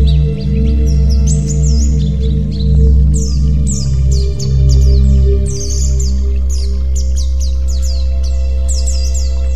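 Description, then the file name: White-eye song: thin, high chirps and downslurred whistles in irregular clusters, with a continuous low droning hum beneath. White-eye 'terapi' (therapy) song. "terapi pleci"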